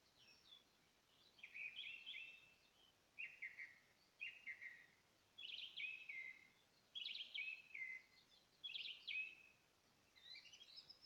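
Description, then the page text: Greater white-fronted goose: greater white-fronted geese giving high, yelping double-noted calls that slur downward, in bursts roughly every one to two seconds over a steady hiss. "Птицы - Белолобый гусь"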